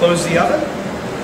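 The inner glass panel of a Unox combi oven door is handled against its retaining tabs, two at the top and one at the bottom, while someone talks over a steady low background hum. Nothing has seated or clicked yet in this clip.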